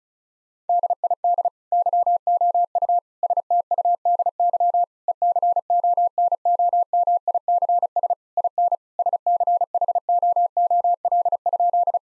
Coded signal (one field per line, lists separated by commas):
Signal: Morse code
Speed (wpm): 36 wpm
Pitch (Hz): 700 Hz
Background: none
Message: DID YOU STUDY ECONOMICS IN SCHOOL?